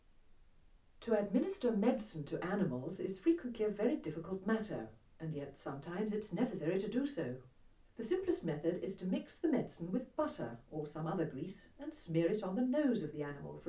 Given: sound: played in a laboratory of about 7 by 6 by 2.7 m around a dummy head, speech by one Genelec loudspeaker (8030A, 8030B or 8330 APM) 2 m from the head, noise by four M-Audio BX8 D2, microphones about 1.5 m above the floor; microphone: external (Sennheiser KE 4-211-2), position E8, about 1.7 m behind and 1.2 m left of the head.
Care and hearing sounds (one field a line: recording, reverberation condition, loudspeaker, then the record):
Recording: female speech in English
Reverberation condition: low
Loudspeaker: 30 degrees to the left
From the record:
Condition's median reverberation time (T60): about 310 ms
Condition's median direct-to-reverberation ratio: about 3.5 dB